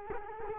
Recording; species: mosquito wingbeat signal from an infrared sensor; Culex quinquefasciatus